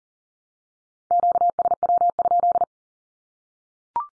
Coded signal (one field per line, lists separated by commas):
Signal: Morse code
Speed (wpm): 40 wpm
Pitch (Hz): 700 Hz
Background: none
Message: QSW?